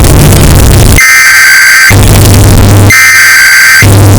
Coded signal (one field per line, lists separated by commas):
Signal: Emergency Alert System (SAME) tones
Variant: header bursts